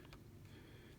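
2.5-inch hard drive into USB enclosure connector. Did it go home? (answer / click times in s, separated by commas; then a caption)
yes / 0.1 s. A 2.5-inch hard drive's SATA connector end is slid at a slight angle into the connector section of a Sabrent EC UASP USB hard drive enclosure and pushed in. A short, sharp snap is heard at 0.1 s over a steady low background hum. The connector is seated in the enclosure.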